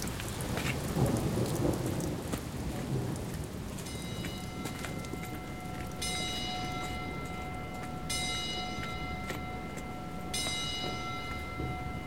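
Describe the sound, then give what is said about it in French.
Steady, dense rain hisses outside a cathedral while a deep roll of thunder rumbles in the first few seconds; partway through, sustained high tones rise faintly over the downpour. “Il reste un moment sous la pluie, puis entre par le portail principal.”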